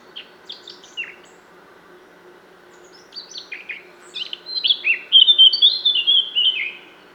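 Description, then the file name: Eurasian blackcap song: scattered soft scratchy notes at first, building into a loud, rich fluty warble over the last few seconds. "Sylvia atricapilla"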